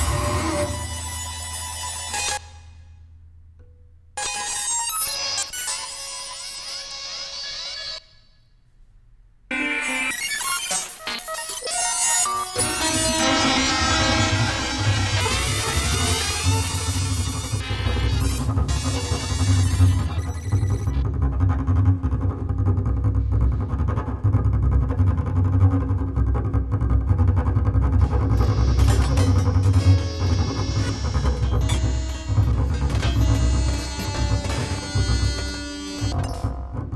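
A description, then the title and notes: Rotating megaphone array sending out a jumble of bright, warbling tones and chirps. The first ten seconds are stop-start, broken by two abrupt silences near 2 and 8 seconds. After about 12 seconds it settles into a dense, continuous wash over a steady low rumble. Rotating megaphone array.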